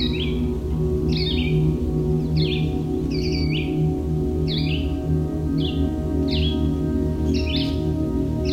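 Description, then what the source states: Red-eyed Vireo singing brief slurred whistled phrases, repeated steadily with short pauses, over a constant low droning background. Song likened to 'vireo, vireo, vireo'; heard in forests across North America on hot summer days; audio modified for listeners with high-frequency hearing loss.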